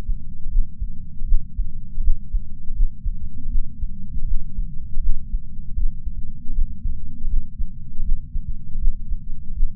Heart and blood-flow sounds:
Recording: heart sounds by patch sensor on the chest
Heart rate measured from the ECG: 80 bpm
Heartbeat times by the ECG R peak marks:
0.50 s: heartbeat
1.26 s: heartbeat
2.02 s: heartbeat
2.74 s: heartbeat
3.50 s: heartbeat
4.26 s: heartbeat
5.01 s: heartbeat
5.75 s: heartbeat
6.53 s: heartbeat
7.28 s: heartbeat
8.03 s: heartbeat
8.79 s: heartbeat
9.54 s: heartbeat
From the record:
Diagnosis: coronary artery disease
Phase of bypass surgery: postoperative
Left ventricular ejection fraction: 56.9%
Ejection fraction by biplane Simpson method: 47.5%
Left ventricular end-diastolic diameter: 47 mm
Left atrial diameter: 37 mm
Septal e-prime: 6 cm/s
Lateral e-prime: 7.9 cm/s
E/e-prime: 12.2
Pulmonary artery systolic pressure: 37 mmHg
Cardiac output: 5.2 L/min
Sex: female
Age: 68 years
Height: 161 cm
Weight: 66.6 kg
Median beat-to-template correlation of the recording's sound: 0.94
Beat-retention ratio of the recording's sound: 0.98

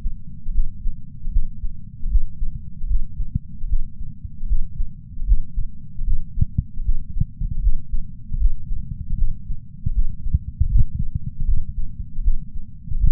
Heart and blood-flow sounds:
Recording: heart sounds by patch sensor on the chest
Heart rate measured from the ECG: 77 bpm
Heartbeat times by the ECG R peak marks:
0.51 s: heartbeat
1.29 s: heartbeat
2.08 s: heartbeat
2.86 s: heartbeat
3.66 s: heartbeat
4.46 s: heartbeat
5.24 s: heartbeat
6.03 s: heartbeat
6.82 s: heartbeat
7.60 s: heartbeat
8.37 s: heartbeat
9.15 s: heartbeat
9.92 s: heartbeat
10.68 s: heartbeat
11.44 s: heartbeat
12.21 s: heartbeat
12.97 s: heartbeat
From the record:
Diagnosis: coronary artery disease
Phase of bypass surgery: postoperative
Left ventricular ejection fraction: 50.8%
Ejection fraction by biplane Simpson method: 51.6%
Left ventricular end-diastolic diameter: 50 mm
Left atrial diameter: 30 mm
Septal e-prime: 7.4 cm/s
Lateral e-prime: 7.6 cm/s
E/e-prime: 9.9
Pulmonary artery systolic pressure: 27 mmHg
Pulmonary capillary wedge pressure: 7 mmHg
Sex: male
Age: 66 years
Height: 176 cm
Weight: 74.5 kg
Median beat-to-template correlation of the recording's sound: 0.90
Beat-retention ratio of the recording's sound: 0.99

